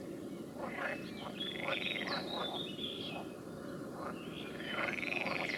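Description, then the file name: Frogs calling, many quick overlapping croaking notes over a steady background hiss. "Nature Recordings - Frogs"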